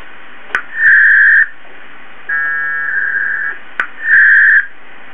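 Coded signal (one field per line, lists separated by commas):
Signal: packet radio (AX.25, as in APRS)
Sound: three short warbling data bursts, each starting with a key-up click, with hiss between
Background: radio static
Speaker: station's transmitted back and forth occasionally to make sure each other is still there so that's why you hear train spinning back and forth on its own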